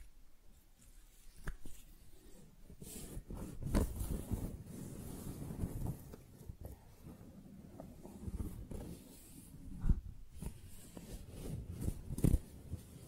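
Soft, tingly handling of flowers, with a steady low rustle and crinkle running throughout. Sharp snapping clicks cut through now and then, near 1.5, 4, 10 and 12 seconds, alongside brief scratchy, scissor-like sounds between the quieter stretches.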